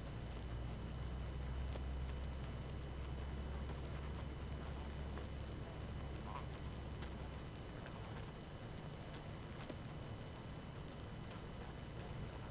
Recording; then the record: honeybee colony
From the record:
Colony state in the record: active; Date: 12 June 2018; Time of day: 20:01